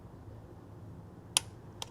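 A click-type torque wrench is pulled steadily on a spark plug in an FK8 Type R until it reaches its setting and gives a sharp click at 1.4 s. A quieter second click follows at 1.8 s over a low background hum, confirming the plug is torqued.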